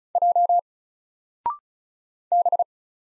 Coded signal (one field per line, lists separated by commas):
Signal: Morse code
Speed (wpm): 36 wpm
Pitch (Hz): 700 Hz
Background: none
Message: J B